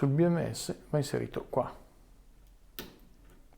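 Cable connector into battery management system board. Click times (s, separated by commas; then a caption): 2.8 s. A cable connector is pushed into its socket on the battery management system board of a DIY LiFePO4 battery box while someone talks. After the talk fades, a single sharp click is heard at 2.8 seconds as the connector seats, and it is confirmed as properly in.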